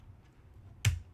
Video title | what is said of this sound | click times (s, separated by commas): Full ASUS Z790 Motherboard Refresh Line Up Overview & AMA - For Next Gen Intel Processors | push in until you hear the click and then that's it you're good to go so very very nice | 0.8 s